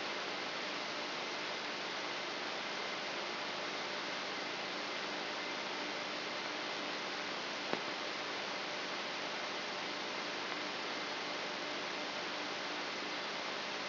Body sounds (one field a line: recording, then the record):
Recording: brain microelectrode recording played as sound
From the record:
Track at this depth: outside the subthalamic nucleus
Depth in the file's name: 0.842 mm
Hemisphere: left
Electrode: 3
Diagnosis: Parkinson's disease